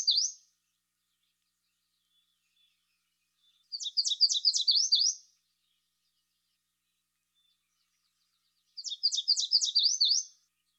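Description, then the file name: Yellow warbler song, high sweet notes run together into short rapid phrases; the end of one phrase, then two full phrases spaced about five seconds apart. "dan-gibsons-solitudes yellow-warbler"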